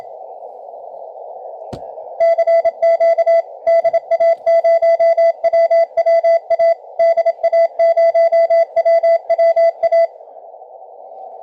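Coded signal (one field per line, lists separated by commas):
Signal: Morse code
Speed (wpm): 26 wpm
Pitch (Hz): 660 Hz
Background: radio noise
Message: CQ DA0WWA DA0WWA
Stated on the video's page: 20 meter CW from a special-event station, received on a Malahit DSP2 receiver with an endfed antenna.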